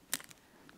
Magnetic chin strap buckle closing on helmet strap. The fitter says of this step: you just introduce this to the helmet and it automatically locks in place